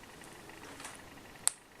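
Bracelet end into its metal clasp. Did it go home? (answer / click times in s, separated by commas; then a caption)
yes / 1.5 s. A leather bracelet's end is pushed by hand into its metal clasp after a failed first try. After a quiet, steady background, a single sharp, bright click sounds at 1.5 s as the clasp locks shut and the bracelet is seated.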